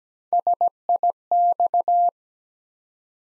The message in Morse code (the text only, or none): SIX